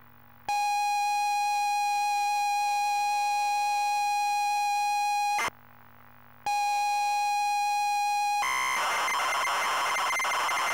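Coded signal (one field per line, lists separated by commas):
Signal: ZX Spectrum tape loading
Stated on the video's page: ZX Spectrum +2 cassette tape loading on a real machine, not an emulator.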